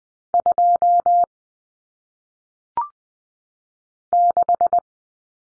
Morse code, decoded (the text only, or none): 2 6